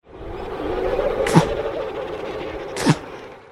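Two short, sharp sneezes from an emperor penguin, about 1.5 seconds apart, stand out over a steady low hum of wind and colony noise.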